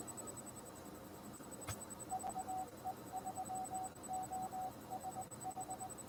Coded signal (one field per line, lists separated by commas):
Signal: Morse code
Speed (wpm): 20 wpm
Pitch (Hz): 750 Hz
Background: none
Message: VE3OSH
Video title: COVID-19 Rag Chew - Week 5 - Thu - Amateur Radio and the movies/TV